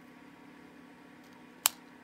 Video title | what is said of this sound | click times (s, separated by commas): 1949 Pez BOX Trademark - some crazy stuff! | that is not actually locking but what it does is it kind of snaps into place | 1.7 s